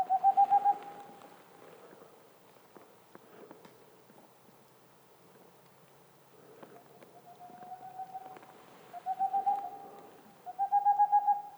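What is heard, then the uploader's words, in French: A Tengmalm's owl (boreal owl) gives short bursts of rapid, evenly spaced mellow hoots, one at the start and two more near the end, each rising slightly in pitch. Between the series there are faint soft noises and a long quiet stretch. 20h15 - en montagne - parabole Tlmkh8040 - 2x omni 8020 - Mixpre 3. La Tengmalm boréale ( Aegolius funereus). Nous sommes aux portes de la méditerranée. Ce mâle chanteur près d'une loge de Pic noir.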